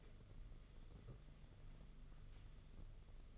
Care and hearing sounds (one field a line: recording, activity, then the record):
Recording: daily activity, microphone in the room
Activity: take from stove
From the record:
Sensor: 4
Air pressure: 995.3 hPa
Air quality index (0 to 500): 215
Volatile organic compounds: 259 ppm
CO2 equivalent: 4384 ppm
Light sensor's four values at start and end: 24/76/29/31 and 24/76/29/31